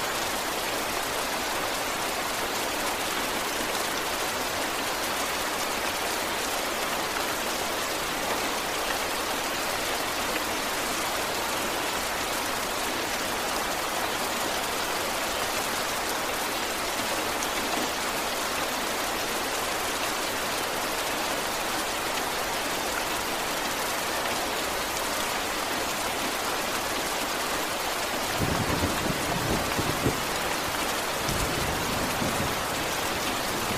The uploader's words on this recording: Medium Heavy Rain with Gentle Thunder.